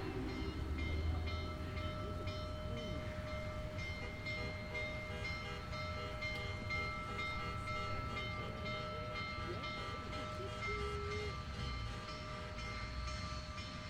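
Union Pacific No. 844 idles with a steady low rumble and hiss, sustained tones ringing above, and brief whistle-like pitch slides midway.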